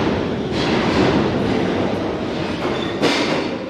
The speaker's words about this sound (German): Hier unten ist New York düster, fast modrig und wirkt so gar nicht modern. Hier müssen die Menschen für einen Augenblick zur Ruhe kommen, warten, während das Donnern der Züge jedes Gespräch übertönt.